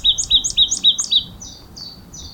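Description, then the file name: Marsh tit calling with a quick series of sharp, high two-part notes, about four a second, followed by several fainter, thinner notes that trail off. "Poecile palustris"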